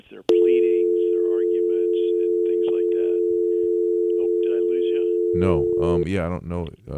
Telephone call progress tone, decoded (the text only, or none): dial tone